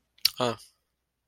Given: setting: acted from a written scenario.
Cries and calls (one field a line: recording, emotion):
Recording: vocal sound without words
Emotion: neutral